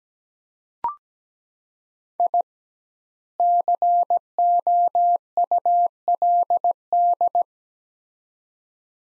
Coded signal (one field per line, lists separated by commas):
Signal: Morse code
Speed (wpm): 17 wpm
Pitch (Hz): 700 Hz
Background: none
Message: I COULD